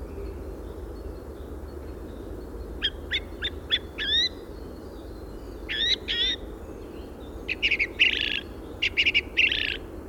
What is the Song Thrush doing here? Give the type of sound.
song